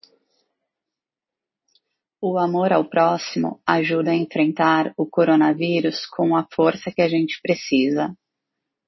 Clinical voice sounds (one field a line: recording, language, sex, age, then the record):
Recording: spoken sentence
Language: Brazilian Portuguese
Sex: female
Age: 40 to 49 years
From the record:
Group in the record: control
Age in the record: 42 years